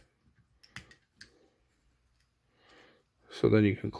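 The small hinged rear doors of a diecast toy van are pushed shut into the van's body and snap into their closed position with sharp little clicks at 0.6 and 0.8 seconds, followed by another faint click near 1.2 seconds. Someone talks toward the end. The doors are seated closed.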